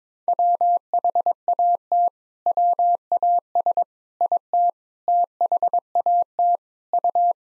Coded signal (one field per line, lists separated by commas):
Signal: Morse code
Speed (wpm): 22 wpm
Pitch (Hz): 700 Hz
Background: none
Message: WHAT WAS IT THAT U